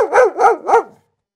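Dog barking, three quick arched barks in about one second, then silence.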